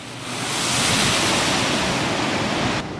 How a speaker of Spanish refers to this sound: Un lugar donde el mar y el viento se baten en desenfreno azotando las rocas, donde la naturaleza y el arte se funden pareciendo uno solo.